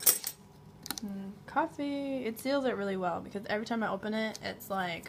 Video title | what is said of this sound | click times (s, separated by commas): Coffee Gator Canister customer review | of just latch it on like most matches coffee | 0.9 s